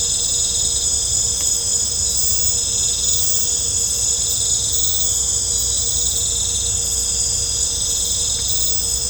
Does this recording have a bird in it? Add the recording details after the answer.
no. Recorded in pastures near Puerto Asís, Putumayo, Colombia, on 16 December 2024 at 19:00. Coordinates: 0.502, -76.324. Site G077